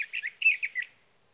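Sage thrasher producing a brief burst of quick, slurred warbling notes, about six in under a second, in silence otherwise.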